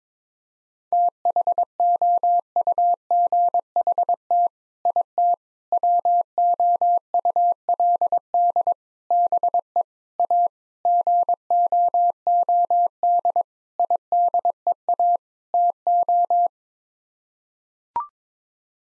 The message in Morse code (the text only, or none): THOUGHT IT WOULD BE A GOOD IDEA TO